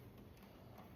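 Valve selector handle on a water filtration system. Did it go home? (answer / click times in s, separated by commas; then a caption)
no / none. The valve selector handle on a Lifewave X20 Light Infused Water Technology filtration unit is being handled, as it is turned from the flush position back toward the normal-operation position. Only a steady, low, broadband background noise with faint ticking is heard. Nothing has seated or clicked into place yet.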